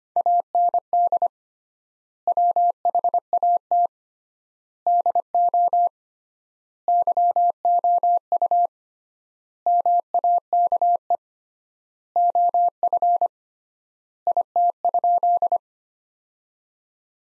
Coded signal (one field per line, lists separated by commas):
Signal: Morse code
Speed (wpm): 25 wpm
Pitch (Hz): 700 Hz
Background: none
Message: AND WHAT DO YOU MAKE OF IT?